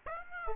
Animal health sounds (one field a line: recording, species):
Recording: mosquito wingbeat signal from an infrared sensor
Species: Aedes aegypti